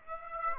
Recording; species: mosquito wingbeat signal from an infrared sensor; Aedes aegypti